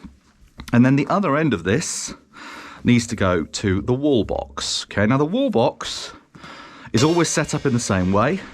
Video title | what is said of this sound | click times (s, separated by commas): Studio Recording 3 Setting up a Drum Recording | you'll hear a little click as the spring inside gets it | 0.6 s